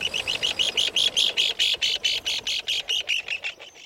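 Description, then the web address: Least Auklet chattering call: rapid buzzy notes in a continuous harsh series that fades at the end. "least auklets seabirds in miniature"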